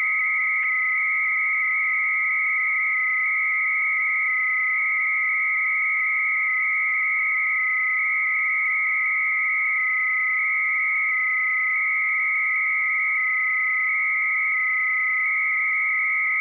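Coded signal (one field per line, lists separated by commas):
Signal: 300-baud modem data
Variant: Bell 103, 300 baud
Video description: Here’s a practical demonstration of a program called Minimodem, which I’m using to talk to a BBS at 300 bits per second using the Bell 103 modulation scheme.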